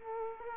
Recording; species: mosquito wingbeat signal from an infrared sensor; Culex quinquefasciatus